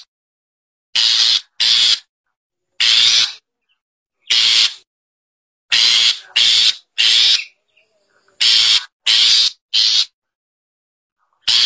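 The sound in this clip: Long-tailed Shrike giving harsh, rasping bursts, single or paired, spaced irregularly with silent gaps between them.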